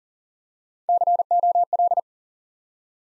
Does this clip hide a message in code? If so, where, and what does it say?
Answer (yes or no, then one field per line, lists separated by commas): yes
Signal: Morse code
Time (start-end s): 0.9-2.0 s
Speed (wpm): 38 wpm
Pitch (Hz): 700 Hz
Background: none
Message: COL